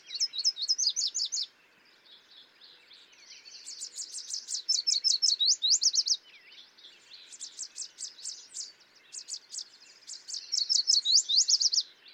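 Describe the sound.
Yellow warbler song: bright, high phrases of rapid sweet notes, several clear bursts with short pauses, over a busy background of other high chirping birds.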